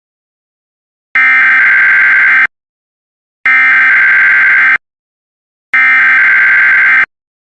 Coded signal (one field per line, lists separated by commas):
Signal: Emergency Alert System (SAME) tones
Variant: header bursts